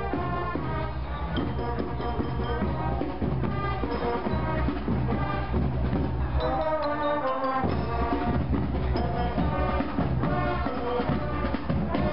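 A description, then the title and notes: A marching band plays during a street parade, loud and steady throughout, with dense massed brass chords over a constant low thump of drums. Around the seventh second the low end briefly thins before the full band returns; the sound is somewhat dull. A marching band playing while a small parade of nurses walks past and through the center of Chiang Mai, Thailand. Marching band parade.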